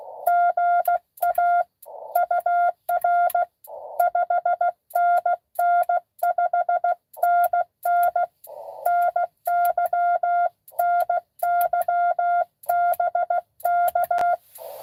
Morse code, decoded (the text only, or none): GA UR 5NN 5NN NY NY BK